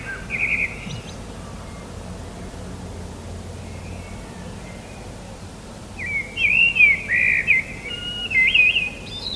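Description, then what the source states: Common blackbird song: a short fluty phrase at the start, a quiet pause, then a longer run of mellow warbled whistles near the end, over a low steady rumble. Recorded 21 March 2013.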